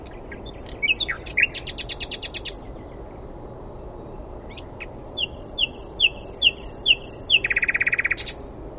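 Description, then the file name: Common nightingale singing: a fast trill of repeated notes, a pause, then a row of chirped notes followed by a rapid buzzing trill. "Luscinia megarhynchos"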